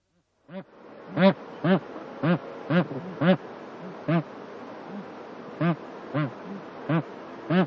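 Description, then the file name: Bar-headed goose calling with a string of nasal, honking notes, with fainter calls in between. "anser indicus"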